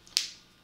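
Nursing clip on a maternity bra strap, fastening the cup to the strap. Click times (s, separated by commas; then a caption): 0.2 s. A nursing clip on a maternity bra strap, which fastens the cup to the strap, is unclipped so the cup can be lowered for breastfeeding. A faint tick at 0.1 s comes just before a sharp, bright click at 0.2 s that fades quickly. The clasp clicks open and is released.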